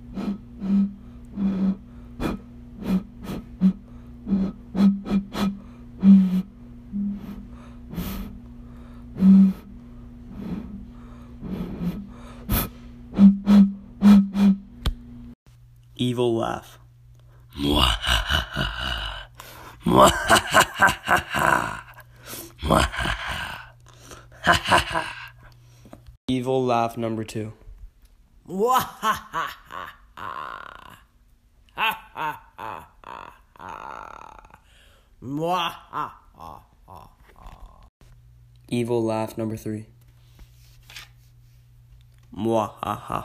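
Creepy Halloween sounds: a steady low hum runs under sharp, irregular clicks and knocks for the first fifteen seconds. Then comes a run of strained vocal noises, gasps, groans and drawn-out moans, in uneven bursts with short silences between them.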